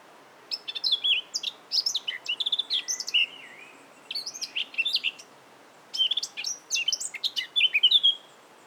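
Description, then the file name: Eurasian Blackcap giving three bursts of rich warbling song, each a rapid mix of scratchy and clear slurred notes, separated by short pauses. "Sylvia atricapilla"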